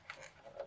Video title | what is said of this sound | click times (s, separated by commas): How To Change Out FJ Cruiser Bulbs!! | grab a hold of the gray you'll hear it click you're going to go counterclockwise so you hear that click pull it up and | 0.1 s